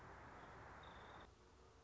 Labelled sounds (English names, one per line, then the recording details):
Nuttall's Woodpecker
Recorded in Sonoma County, California